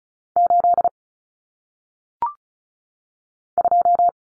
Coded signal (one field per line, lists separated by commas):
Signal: Morse code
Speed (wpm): 36 wpm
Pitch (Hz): 700 Hz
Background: none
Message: 8 2